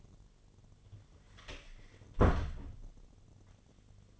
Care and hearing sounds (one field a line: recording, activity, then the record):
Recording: daily activity, microphone in the room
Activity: close door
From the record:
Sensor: 4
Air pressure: 1008.0 hPa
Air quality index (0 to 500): 184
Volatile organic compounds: 6 ppm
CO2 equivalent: 1844 ppm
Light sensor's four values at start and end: 23/73/28/27 and 23/73/28/27